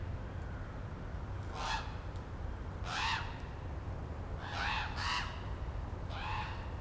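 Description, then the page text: Common raven uttering hoarse croaks, about five calls including a quick pair, with a faint rumbling background. Maryland, United States. "Maryland Biodiversity. Common Raven ( Corvus corax )"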